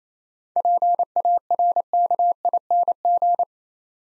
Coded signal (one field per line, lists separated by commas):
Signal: Morse code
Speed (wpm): 28 wpm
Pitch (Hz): 700 Hz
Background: none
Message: PARKING